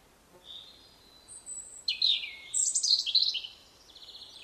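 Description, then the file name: European robin song: a long thin whistle, then a dense rush of high, tumbling notes and a fast trill, over constant background hiss. "Erithacus rubecula"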